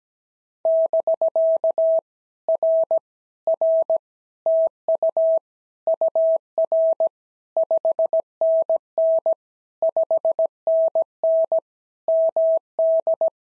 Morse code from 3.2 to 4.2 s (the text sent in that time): R